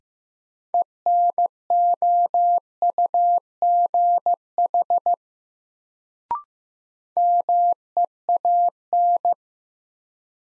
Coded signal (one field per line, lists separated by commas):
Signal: Morse code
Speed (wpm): 15 wpm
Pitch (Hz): 700 Hz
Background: none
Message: ENOUGH MEAN